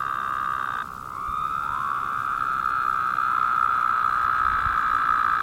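Woodhouse's toad giving sustained buzzy calls; one drone cuts out and another rises in and carries on steadily to the end.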